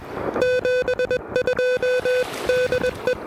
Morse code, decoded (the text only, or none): 72 DE